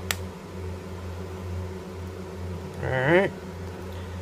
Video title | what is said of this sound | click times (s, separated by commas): Triade DNA 200 by Lost Vape | all right and the battery door just snaps back into place | 0.1 s